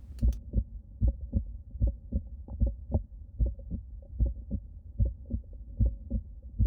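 Adult heart heard by stethoscope at the tricuspid point, at about 75 beats per minute, in severe arterial hypertension (BP 290/200). A loud aortic ejection sound is heard over the precordium.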